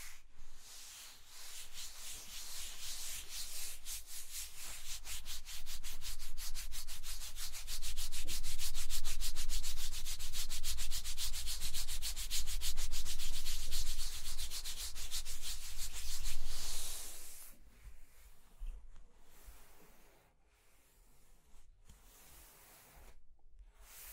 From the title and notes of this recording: ASMR Mind Tingling Scratching and Tracing Sounds (No Talking).